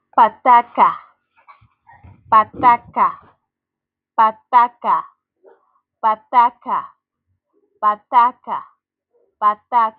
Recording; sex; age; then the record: repeated syllables /pa ta ka/; female; 30 to 39 years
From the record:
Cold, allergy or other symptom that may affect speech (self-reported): no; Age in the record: 33 years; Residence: Maryland, United States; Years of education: 17